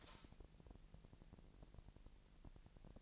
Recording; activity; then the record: daily activity, microphone in the room; light on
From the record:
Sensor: 5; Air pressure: 1002.0 hPa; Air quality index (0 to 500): 230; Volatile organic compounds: 32 ppm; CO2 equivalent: 3007 ppm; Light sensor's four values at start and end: 16/36/15/16 and 16/38/16/17